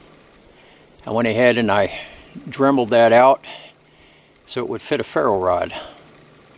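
A man talks while handling a ferro rod at the butt end of a Benjamin 392S .22 caliber rifle's synthetic stock, where the honeycomb has been dremeled out into a recess so the rod will fit. Only his voice is heard over a quiet background. Nothing has seated or clicked yet.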